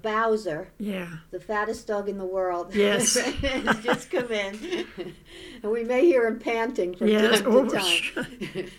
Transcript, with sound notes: Bauzer, the fattest dog in the world,
Yes. (They laugh.)
has just come in, and we may hear a panting from time to time.